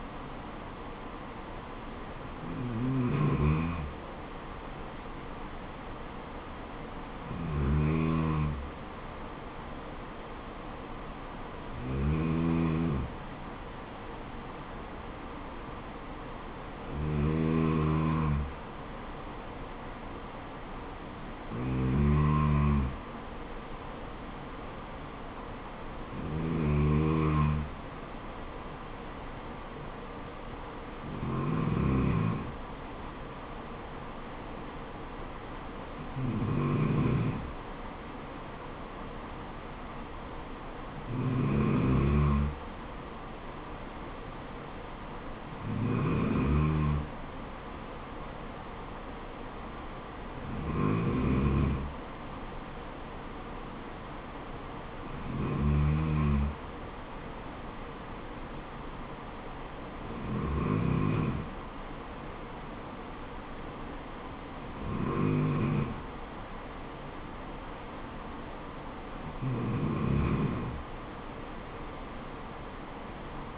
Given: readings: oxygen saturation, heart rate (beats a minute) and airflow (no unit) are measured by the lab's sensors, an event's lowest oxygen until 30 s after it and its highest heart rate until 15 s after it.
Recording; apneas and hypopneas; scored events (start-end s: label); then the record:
breathing in sleep by a voice recorder at the bedside; none
none scored
From the record:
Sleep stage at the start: N2 (light sleep); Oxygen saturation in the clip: 93%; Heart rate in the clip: 67 to 75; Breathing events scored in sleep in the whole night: 426 in 7.4 hours asleep